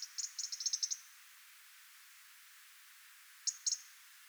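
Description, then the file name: European robin ticking: a rapid string of high, dry clicks at the start, silence, then two short ticks near the end. "Erithacus rubecula"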